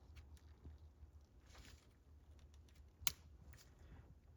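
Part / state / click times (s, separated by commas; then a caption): wiring harness connector onto coolant temperature sensor / seated / 3.1 s. A wiring harness plug is pushed back onto a new coolant temperature sensor on a 2019–2024 Jeep, Chrysler or Dodge 3.6 Pentastar engine. After some soft handling and rustling, a sharp, loud click at 3.1 seconds marks the connector latching in. The connector is seated and good to go.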